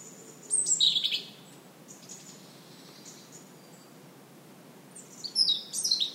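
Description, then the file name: European robin giving two short bursts of thin, high, trilling notes, the first early and the second near the end, with quiet between them. "Erithacus rubecula"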